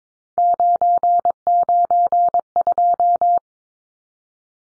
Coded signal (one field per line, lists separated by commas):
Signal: Morse code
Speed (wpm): 22 wpm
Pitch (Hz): 700 Hz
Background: none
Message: 992